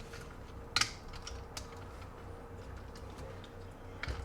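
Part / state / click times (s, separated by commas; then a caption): toy clasp into mating slot of transforming figure / seated / 0.8 s. During a Z-fold of a plastic and alloy UT Transformers Movie 3 tanker Megatron transforming robot toy, the middle clasp is pushed home into its mating slot with a sharp click at 0.8 s, followed by fainter clicks and rattles. The clasp snaps fully into place.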